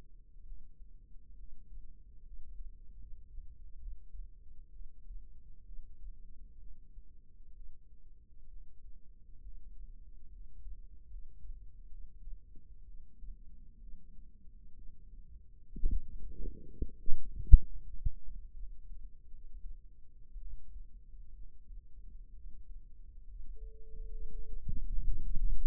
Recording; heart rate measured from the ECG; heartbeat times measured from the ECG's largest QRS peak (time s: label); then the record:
heart sounds by microphone in the right ear; 66 bpm
0.43 s: heartbeat
1.35 s: heartbeat
2.23 s: heartbeat
2.97 s: heartbeat
3.78 s: heartbeat
4.71 s: heartbeat
5.63 s: heartbeat
6.58 s: heartbeat
7.53 s: heartbeat
8.47 s: heartbeat
9.40 s: heartbeat
10.30 s: heartbeat
11.09 s: heartbeat
11.89 s: heartbeat
12.85 s: heartbeat
13.78 s: heartbeat
14.73 s: heartbeat
15.68 s: heartbeat
16.65 s: heartbeat
17.59 s: heartbeat
18.54 s: heartbeat
19.29 s: heartbeat
20.37 s: heartbeat
21.33 s: heartbeat
22.33 s: heartbeat
23.25 s: heartbeat
24.09 s: heartbeat
24.92 s: heartbeat
From the record:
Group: healthy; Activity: rest 0-23 s, light exercise 23-26 s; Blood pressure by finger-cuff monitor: 128/68 mmHg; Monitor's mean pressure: 88 mmHg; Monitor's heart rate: 64 bpm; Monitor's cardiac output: 6 L/min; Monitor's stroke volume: 91 mL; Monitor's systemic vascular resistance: 1100 dyn s/cm5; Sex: female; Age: 37 years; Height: 168 cm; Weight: 70 kg